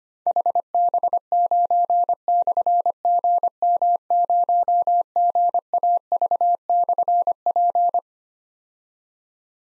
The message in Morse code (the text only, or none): HB9/GM0GAV/P